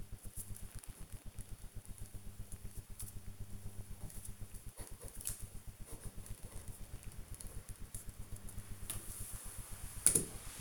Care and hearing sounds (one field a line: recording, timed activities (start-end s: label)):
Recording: household activities, microphone on the right wrist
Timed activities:
none